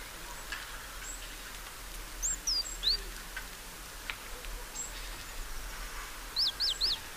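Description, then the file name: Great tit calling with brief high notes, first a few descending ones, then a quick run of three sharp rising-falling notes near the end, against constant low hiss. "Parus major"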